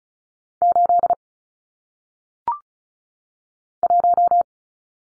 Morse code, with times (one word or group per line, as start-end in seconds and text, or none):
0.6-1.1 8
3.8-4.4 1